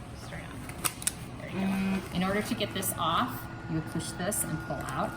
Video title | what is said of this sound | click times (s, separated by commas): OSF Covid Operating Room Instructions - PAPR - 4.6.2020 | okay this pops right into there straight on in | 0.9 s, 1.1 s